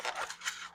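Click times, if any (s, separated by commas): 0.3 s, 0.5 s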